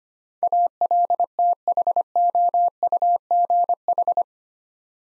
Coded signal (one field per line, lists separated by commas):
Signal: Morse code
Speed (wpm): 25 wpm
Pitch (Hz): 700 Hz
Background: none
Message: ALTHOUGH